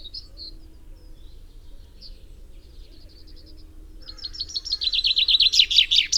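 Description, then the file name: Common chaffinch song: a few faint scattered chirps, then a quickening run of sharp, descending notes that grows louder toward the end. "Fringilla coelebs"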